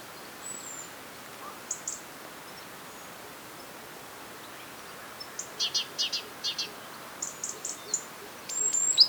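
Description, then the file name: Great tit calls: a few thin high notes in a quiet stretch, then short bursts of rapid buzzy chattering in groups, ending with high whistled notes. "Parus major"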